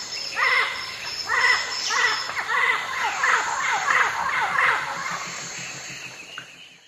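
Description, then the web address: Yellow-crowned amazon calls: a rapid run of arched, throaty squawks, fading out toward the end against constant insect noise. South America, eastern lowlands. "Natures Songs S America Eastern Lowlands. Yellow-crowned Amazon"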